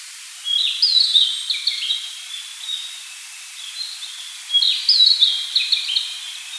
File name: Ficedula narcissina